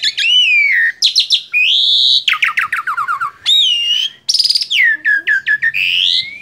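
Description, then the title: Asian pied starling singing loud whistled slurs, rapid falling note series and fast buzzy chatter, phrases following each other closely throughout. Masteran recording, a training track played to caged birds so they learn the song. "Masteran Jalak Suren"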